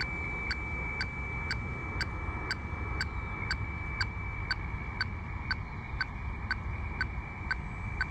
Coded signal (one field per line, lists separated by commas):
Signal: weather fax (radiofax)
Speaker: recording image all right there we go and we're getting another chart here